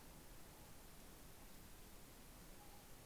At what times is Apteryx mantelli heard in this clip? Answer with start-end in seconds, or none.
none